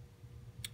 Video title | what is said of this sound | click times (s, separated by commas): How to: VANOS cam bolts installation e46 m3 (Part 4) | here you hear the click that's where we stop that one's done | 0.7 s